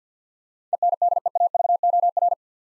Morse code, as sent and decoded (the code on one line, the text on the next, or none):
. -. -.. . .- ...- --- .-.
ENDEAVOR